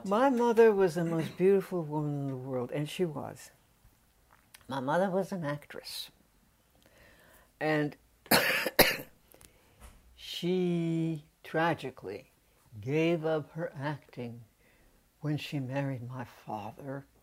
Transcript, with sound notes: My mother was the most beautiful woman in the world and she was. My mother was an actress and —— [coughs] she tragically gave up her acting when she married my father